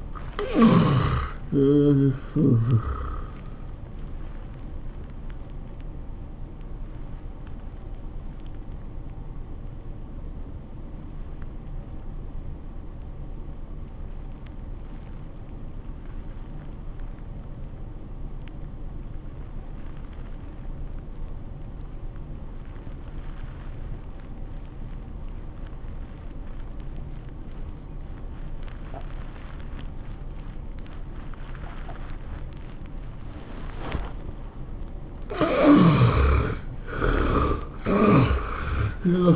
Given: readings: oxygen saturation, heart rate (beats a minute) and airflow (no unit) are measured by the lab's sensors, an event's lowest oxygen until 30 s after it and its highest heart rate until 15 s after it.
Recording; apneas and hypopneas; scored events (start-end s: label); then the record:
breathing in sleep by a smartphone at the bedside; 1
12.00-35.00 s: obstructive apnea (N1, oxygen 93% highest, then 71% lowest, heart rate 80 at the start, 100 highest)
From the record:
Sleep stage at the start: N1 (lightest sleep); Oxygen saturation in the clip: 75 to 93%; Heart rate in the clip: 73 to 102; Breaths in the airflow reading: 4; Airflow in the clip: -16.7 to 14.6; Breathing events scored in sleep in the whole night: 403 in 5.5 hours asleep